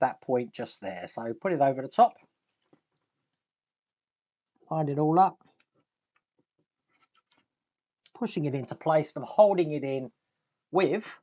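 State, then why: Not seated. Someone talks while lining up the plastic accelerator pedal of a scale model Ferrari 250 GTO over its pedal mount before pushing it into place. Faint light ticks are heard in the quiet stretch between speech. Nothing has seated or clicked yet.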